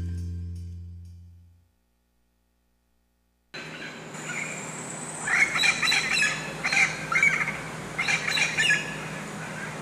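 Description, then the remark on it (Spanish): Golden eagles screech in three harsh, high bursts over a steady hiss of background noise, following a low fading tone and a brief silence. “Que ahí están las pinches águilas reales nada más ciscándonos y garceándonos para cuando nos descuidemos quitarnos aquí la canasta de los brownies de mota.”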